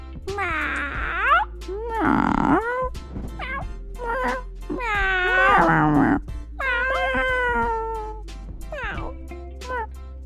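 kittens meowing

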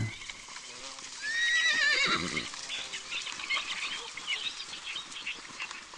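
horse neighing

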